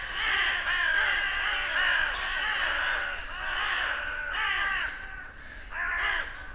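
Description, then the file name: Carrion crow cawing, harsh hoarse calls repeated in quick succession, several overlapping birds, with steady background hiss. "Corvus corone"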